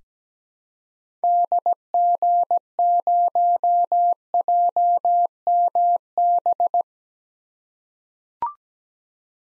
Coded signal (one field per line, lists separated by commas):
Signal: Morse code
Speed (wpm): 17 wpm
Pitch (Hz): 700 Hz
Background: none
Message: DG0JMB